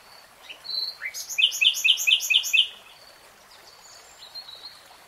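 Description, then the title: Nightingale song: a soft whistle and rising slur, then six loud, evenly spaced chirping notes, followed by quiet scattered whistles. Real-time recording. "[Tiếng chim hót] Nightingale Singing"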